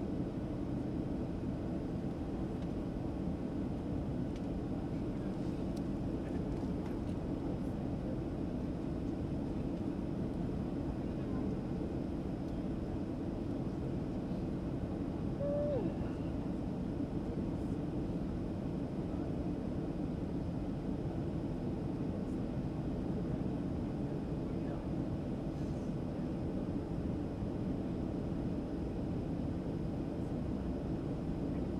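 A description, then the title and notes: Aircraft engines on a flight hum steadily throughout, a dense, low roar that stays even from start to finish. Faint brief ticks and clicks surface now and then, and a short higher tone appears around the middle. The sounds of a flight from San Francisco International Airport to Phoenix Sky Harbor International Airport. A subtle hum of the engines and the occasional announcement from the flight crew.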